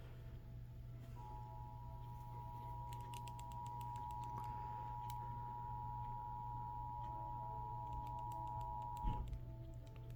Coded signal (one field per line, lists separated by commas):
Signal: Emergency Alert System (SAME) tones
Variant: 853 and 960 Hz attention tone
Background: music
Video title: eas rwt Eas#143